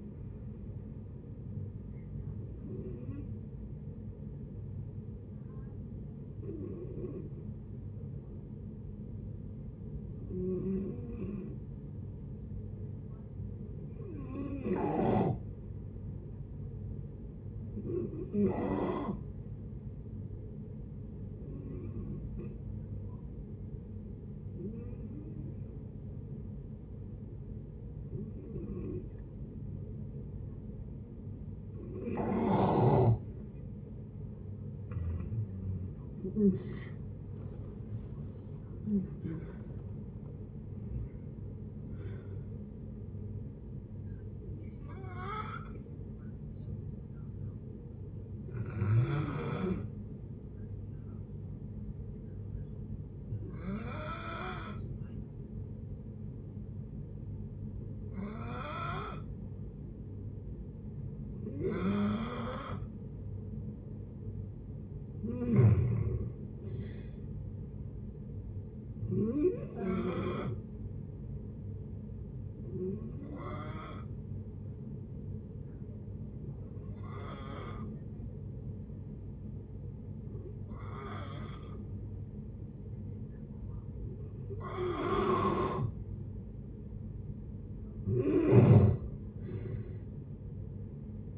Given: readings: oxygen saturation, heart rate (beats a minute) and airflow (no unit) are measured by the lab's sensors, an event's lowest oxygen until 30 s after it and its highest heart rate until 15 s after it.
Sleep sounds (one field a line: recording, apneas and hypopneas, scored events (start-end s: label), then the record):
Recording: breathing in sleep by a smartphone at the bedside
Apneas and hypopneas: 3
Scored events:
12.00-34.20 s: hypopnea (N2, oxygen 95% highest, then 85% lowest, heart rate 58 at the start, 79 highest)
26.00-56.00 s: new sleep stage, N1 (lightest sleep)
48.00-64.90 s: hypopnea (N1, oxygen 95% highest, then 90% lowest, heart rate 60 at the start, 67 highest)
56.00-86.00 s: new sleep stage, N2 (light sleep)
71.00-87.00 s: hypopnea (N2, oxygen 93% highest, then 87% lowest, heart rate 67 at the start, 72 highest)
86.00-91.37 s: new sleep stage, N1 (lightest sleep)
From the record:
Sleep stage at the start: N2 (light sleep)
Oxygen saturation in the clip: 85 to 95%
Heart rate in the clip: 56 to 79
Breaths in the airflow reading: 22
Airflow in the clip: -12.9 to 15.9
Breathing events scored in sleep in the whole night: 496 in 5.4 hours asleep